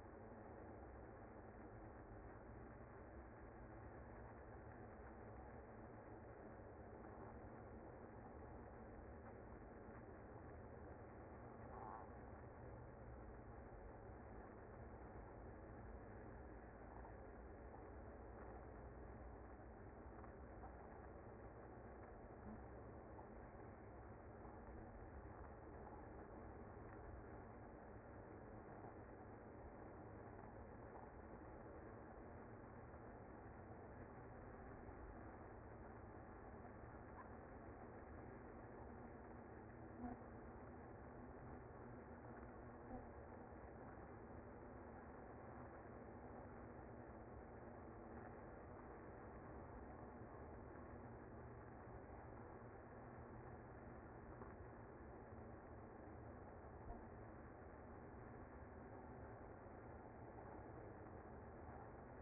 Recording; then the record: honeybee colony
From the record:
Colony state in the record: active